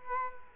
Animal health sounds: mosquito wingbeat signal from an infrared sensor; Culex quinquefasciatus

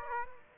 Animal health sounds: mosquito wingbeat signal from an infrared sensor; Aedes aegypti

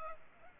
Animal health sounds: mosquito wingbeat signal from an infrared sensor; Culex pipiens

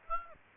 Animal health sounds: mosquito wingbeat signal from an infrared sensor; Aedes aegypti

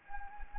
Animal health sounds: mosquito wingbeat signal from an infrared sensor; Anopheles gambiae

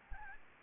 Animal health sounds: mosquito wingbeat signal from an infrared sensor; Aedes albopictus

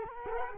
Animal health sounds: mosquito wingbeat signal from an infrared sensor; Culex quinquefasciatus

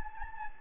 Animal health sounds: mosquito wingbeat signal from an infrared sensor; Anopheles gambiae

